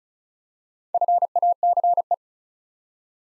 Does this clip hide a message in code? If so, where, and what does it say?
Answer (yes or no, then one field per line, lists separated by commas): yes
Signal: Morse code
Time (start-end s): 0.9-2.1 s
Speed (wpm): 36 wpm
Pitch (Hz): 700 Hz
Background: none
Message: FACE